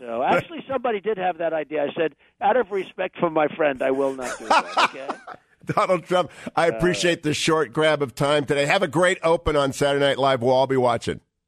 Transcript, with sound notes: Actually, somebody did have that idea. I said out of respect for my friend, I will not do that, okay?
(laughing) Donald Trump, I appreciate the short grab of time today.
All right.
Have a great open on Saturday Night Live, we’ll all be watching.